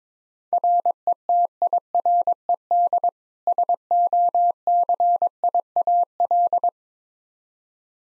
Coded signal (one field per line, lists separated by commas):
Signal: Morse code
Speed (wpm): 22 wpm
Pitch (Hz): 700 Hz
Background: none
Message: RETIRED SOCIAL